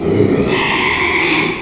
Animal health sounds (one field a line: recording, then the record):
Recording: squeal of a Yucatan mini pig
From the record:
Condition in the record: after surgery on the right vocal fold (resection and tissue-engineered implant)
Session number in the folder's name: 1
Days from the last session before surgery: 6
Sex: male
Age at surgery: 12 weeks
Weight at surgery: 13 kg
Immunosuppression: cyclosporine, prednisolone